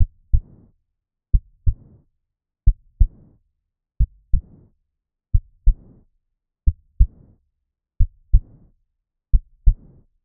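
Adult heart heard through a stethoscope with aortic regurgitation: a slow, regular beat of about 45 per minute. Each first heart sound is followed by a sharp second heart sound, and a soft, low-pitched, fading murmur runs into diastole after the second sound.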